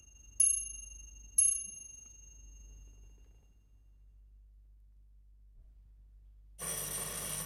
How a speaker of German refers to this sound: Ich dachte, es hätte zweimal geklingelt.